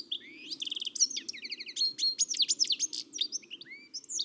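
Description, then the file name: European goldfinch twittering song, a rapid jumble of high tinkling notes, buzzy trills and liquid chirps running without pause throughout. "Carduelis carduelis"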